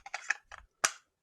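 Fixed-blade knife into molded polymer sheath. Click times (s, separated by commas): 0.9 s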